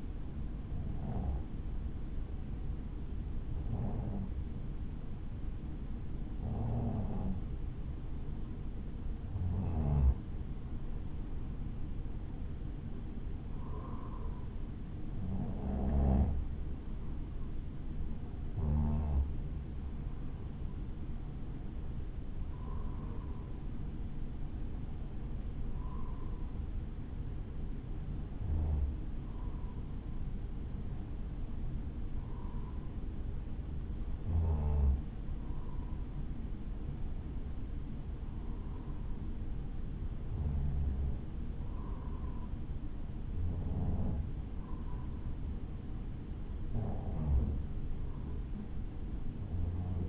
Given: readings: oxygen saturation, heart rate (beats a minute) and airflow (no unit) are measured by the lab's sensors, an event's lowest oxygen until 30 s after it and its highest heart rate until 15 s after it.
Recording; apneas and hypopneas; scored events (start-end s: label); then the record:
breathing in sleep by a smartphone at the bedside; none
none scored
From the record:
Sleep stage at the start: N1 (lightest sleep); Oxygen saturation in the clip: 94 to 95%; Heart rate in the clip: 56 to 60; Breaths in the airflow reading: 17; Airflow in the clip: -2.7 to 3.2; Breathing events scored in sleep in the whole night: 216 in 7.0 hours asleep